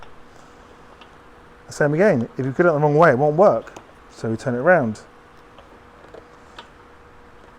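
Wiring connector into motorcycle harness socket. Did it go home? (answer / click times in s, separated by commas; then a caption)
yes / 6.6 s. A polarized plastic wiring connector is turned the right way round and pushed into a socket on a BMW R1250GSA motorcycle harness while someone talks. After the talking stops, a sharp click sounds at 6.6 s as the connector seats.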